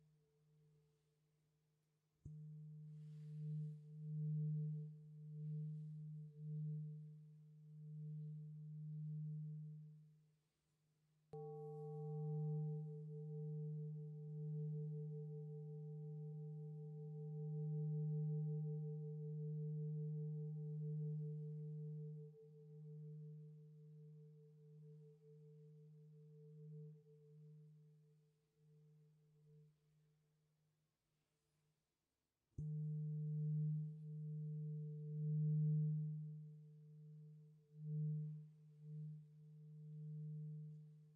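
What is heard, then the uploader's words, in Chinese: Low, pure humming tones from a tuning fork and singing bowl ring steadily, with gentle wavering, restarting abruptly around 2, 11 and 33 seconds. 沉浸式音叉·水晶杯·颂钵。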